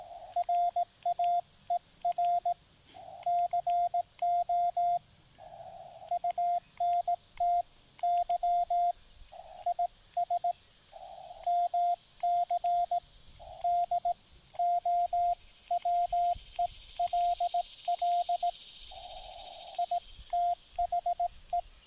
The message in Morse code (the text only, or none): RAER COUNTY IS MCDOWELL ITHE